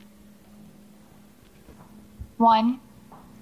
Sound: footsteps resume

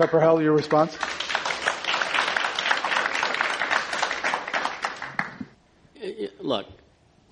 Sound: applause

